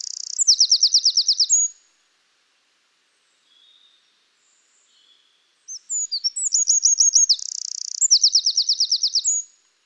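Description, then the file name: Eurasian wren song heard twice: a fast high trill ends one burst, a pause follows, then a new phrase of thin notes, rapid trills and a buzzy rattle. "Troglodytes troglodytes"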